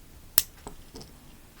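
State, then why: Seated. The plastic waist of a Transformers Legacy deluxe class Arcee transforming action figure, already turned 180 degrees, is brought the rest of the way into its lower body. It seats with a sharp, loud click at 0.4 s, followed by two much fainter clicks at 0.7 s and 1.0 s.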